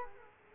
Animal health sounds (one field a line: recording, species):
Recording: mosquito wingbeat signal from an infrared sensor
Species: Culex quinquefasciatus